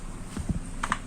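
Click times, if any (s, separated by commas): 0.8 s, 0.9 s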